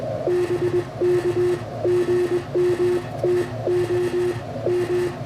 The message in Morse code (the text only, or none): BK GM TOM